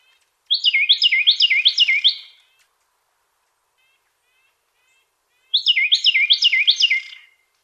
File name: suara-kicauan-burung-carolina-wren-variasi-4-omkicau